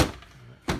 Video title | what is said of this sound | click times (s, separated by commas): RX330 Lexus HOW TO headlight replacement | Now it's on. Makes a click sound there, and that | 0.0 s